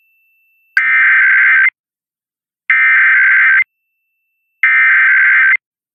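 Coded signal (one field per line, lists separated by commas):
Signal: Emergency Alert System (SAME) tones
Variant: header bursts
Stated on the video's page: Real overnight required monthly tests for Nebraska, Missouri, Georgia and District of Columbia.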